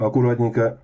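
A metal retaining clip is being pressed with a screwdriver into its groove on a ceramic tap valve cartridge while someone talks. Only the voice is heard, with no sharp impact. The clip has not snapped into place yet, and nothing has seated or clicked.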